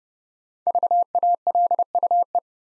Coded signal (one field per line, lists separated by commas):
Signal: Morse code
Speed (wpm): 30 wpm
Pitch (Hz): 700 Hz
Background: none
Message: VALUE